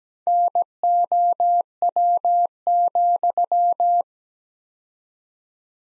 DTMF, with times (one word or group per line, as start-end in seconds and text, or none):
none